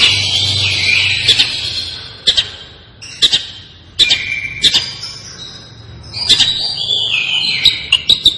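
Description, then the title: Long-tailed shrike song: varied whistled phrases with sliding, falling notes, broken by sharp clicks and short pauses between bursts. Described as gacor. "Cendet Gacor"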